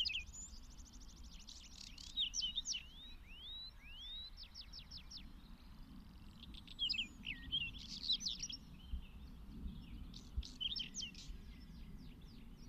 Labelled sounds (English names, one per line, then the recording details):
Whinchat song
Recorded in the wild
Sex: male
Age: adult
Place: Hobrechtsfelder Rieselfelder, Naturpark Barnim, Berlin, DE
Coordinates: 52.6628, 13.4997
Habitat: open country
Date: 2013-05-19
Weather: sunny, windless, 15°C
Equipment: Sound Devices 702, Sennheiser MKH 70, Rycote Windschutz
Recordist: Frommolt, Karl-Heinz